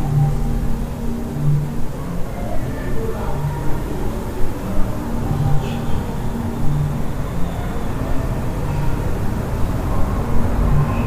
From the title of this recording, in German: Abenteuerliche Geräusche aus einem Hostelzimmer in Mittelamerika